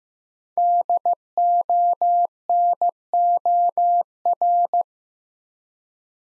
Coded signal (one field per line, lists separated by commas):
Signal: Morse code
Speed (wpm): 15 wpm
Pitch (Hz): 700 Hz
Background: none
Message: DONOR